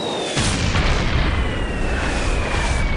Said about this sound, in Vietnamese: Trong nháy mắt, ở phía trước không xa đột nhiên xảy ra vụ nổ mạnh dữ dội. Một quả cầu lửa to phóng lên trời, chiếu sáng màn đêm như ban ngày.